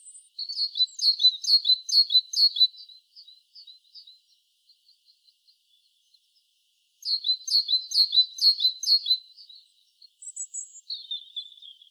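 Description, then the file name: Great tit calls in two bursts of rapid, repeated chirping notes, separated by a few seconds of faint scattered notes, ending with a high slurred note and then a lower, falling slurred note. "Parus major"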